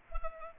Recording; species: mosquito wingbeat signal from an infrared sensor; Culex pipiens